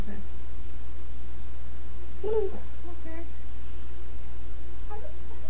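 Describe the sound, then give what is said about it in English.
Children playing in the background, heard over a cell phone call: faint, scattered bursts of high-pitched babbling and squeals, with no clear words, over a steady low hum. “No, I was just going to say, I hear children playing a bit on your TV or what?”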